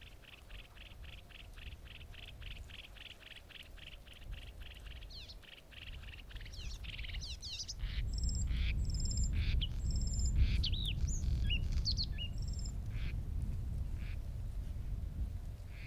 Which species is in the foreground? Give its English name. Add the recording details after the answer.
Bluethroat. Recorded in the wild. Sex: male. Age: adult. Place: Gartz (Oder), Nationalpark Unteres Odertal, Brandenburg, DE. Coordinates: 53.1328, 14.3545. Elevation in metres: 1. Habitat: wetland. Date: 2016-04-19 20:48. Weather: clear, 8°C, changing wind. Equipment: Sound Devices 702, Sennheiser MKH 70, Rycote Windschutz. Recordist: Frommolt, Karl-Heinz. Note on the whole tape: Polder 10, nahe Abzweig weg zum Brönkewehr: Gesang eines Blaukehlchens im Schilf. Entfernung ca. 10 m. Störungen stumm geschaltet